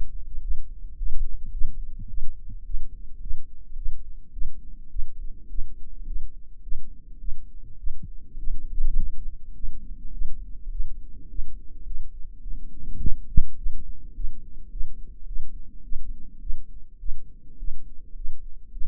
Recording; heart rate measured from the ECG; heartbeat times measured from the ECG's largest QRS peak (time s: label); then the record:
heart sounds by microphone in the right ear; 105 bpm
0.42 s: heartbeat
0.97 s: heartbeat
1.53 s: heartbeat
2.09 s: heartbeat
2.66 s: heartbeat
3.22 s: heartbeat
3.77 s: heartbeat
4.33 s: heartbeat
4.91 s: heartbeat
5.50 s: heartbeat
6.07 s: heartbeat
6.63 s: heartbeat
7.20 s: heartbeat
7.79 s: heartbeat
8.39 s: heartbeat
8.97 s: heartbeat
9.55 s: heartbeat
10.13 s: heartbeat
10.71 s: heartbeat
11.30 s: heartbeat
11.86 s: heartbeat
12.42 s: heartbeat
13.00 s: heartbeat
13.58 s: heartbeat
14.15 s: heartbeat
14.71 s: heartbeat
15.27 s: heartbeat
15.84 s: heartbeat
16.41 s: heartbeat
17.00 s: heartbeat
17.59 s: heartbeat
18.15 s: heartbeat
18.72 s: heartbeat
From the record:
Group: healthy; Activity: rest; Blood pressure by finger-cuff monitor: 112/66 mmHg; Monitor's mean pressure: 79 mmHg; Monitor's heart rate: 106 bpm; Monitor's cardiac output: 8.7 L/min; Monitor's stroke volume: 82 mL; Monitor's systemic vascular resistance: 660 dyn s/cm5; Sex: female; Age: 22 years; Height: 163 cm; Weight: 67.1 kg